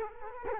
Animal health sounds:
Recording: mosquito wingbeat signal from an infrared sensor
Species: Culex quinquefasciatus

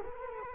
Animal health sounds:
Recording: mosquito wingbeat signal from an infrared sensor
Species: Culex quinquefasciatus

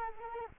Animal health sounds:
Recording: mosquito wingbeat signal from an infrared sensor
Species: Anopheles arabiensis

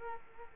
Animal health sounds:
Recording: mosquito wingbeat signal from an infrared sensor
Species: Culex quinquefasciatus

